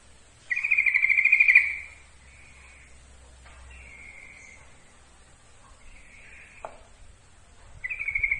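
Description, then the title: Yellow-vented bulbul song: a long trilled phrase, then shorter trills and chatters spaced a second or two apart, ending with another fast trill. Trucukan song, for masteran training. "Masteran Suara Trucukan"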